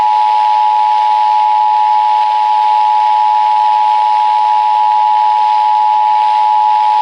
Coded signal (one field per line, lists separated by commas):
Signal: Emergency Alert System (SAME) tones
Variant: 853 and 960 Hz attention tone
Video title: RALEIGH PROVED HER WRONG... EAS Alerts from 8/12/18 (EAS #1,611 - 1,613)